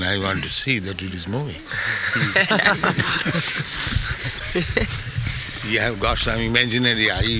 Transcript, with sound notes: I want to see that it is moving. [laughter] You have got some imaginary eyes.